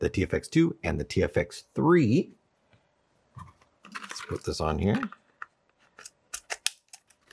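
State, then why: Seated. Someone talks, then an HK Army EVO TFX aluminum speed feed, made to fit the TFX, TFX2 and TFX3, is fitted onto a paintball loader with a few light handling clicks. A sharp snap at 6.7 s marks the speed feed seating onto the loader.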